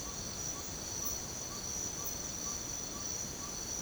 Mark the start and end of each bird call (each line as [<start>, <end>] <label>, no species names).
[0.00, 3.82] bird call